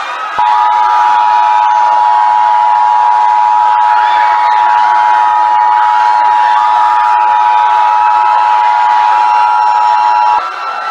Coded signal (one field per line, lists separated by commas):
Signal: Emergency Alert System (SAME) tones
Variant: 853 and 960 Hz attention tone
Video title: EAS Scenario #1: Ghostbusters